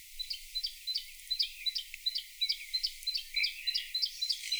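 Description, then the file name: Bluethroat song made of evenly repeated short high metallic notes, about three per second, with occasional richer twittering phrases woven in toward the end. Played back. "Blaahals"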